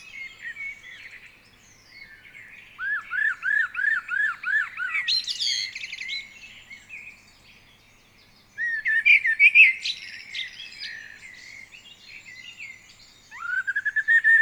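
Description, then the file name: Common blackbird singing mellow repeated fluty notes that break into thin high chatter, with a pause before another rich phrase and a rising start. "Turdus merula"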